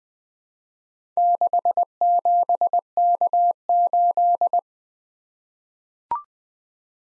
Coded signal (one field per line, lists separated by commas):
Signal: Morse code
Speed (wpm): 20 wpm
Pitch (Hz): 700 Hz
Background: none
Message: 67K8